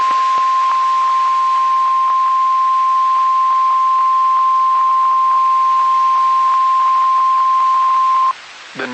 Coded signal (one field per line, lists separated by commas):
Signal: Emergency Alert System (SAME) tones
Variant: 1050 Hz attention tone